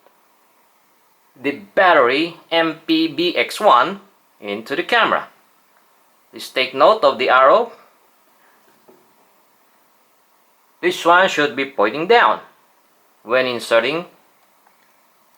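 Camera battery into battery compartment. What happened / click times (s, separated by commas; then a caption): Part handled and lined up, no seating click yet / none. Someone talks while lining up an MPBX1 battery for a Sony ZV-1 camera, orienting it by its arrow, which points down, with the battery compartment before pushing it in. Only speech in a quiet setting is heard, with a few faint brief ticks at the very start and near the end. Nothing has seated or clicked yet.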